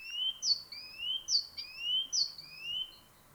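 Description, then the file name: Great tit song, clear repeated pairs of whistles, a bright high note dropping into a lower upward slur, about four phrases over light background noise. "Parus major"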